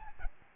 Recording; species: mosquito wingbeat signal from an infrared sensor; Aedes albopictus